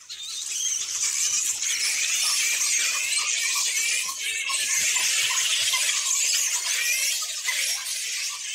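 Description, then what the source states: Flying foxes chattering, a dense mass of high, squeaky shrieks and squeals from many animals, continuous and busy throughout. Chattering in the trees at night as they talk to each other about who gets the best fruit and flowers.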